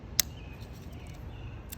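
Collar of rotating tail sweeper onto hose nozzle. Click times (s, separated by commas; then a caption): 0.2 s. The plastic collar of a rotating tail sweeper (a no-spray tail sweep replacement for Polaris and Pentair pool cleaners) is pulled over the tail sweep hose nozzle using the sweeper body. It snaps on with one sharp, bright click at 0.2 s, and a much fainter tick follows near 1.7 s over a low background hum. The collar is seated on the nozzle.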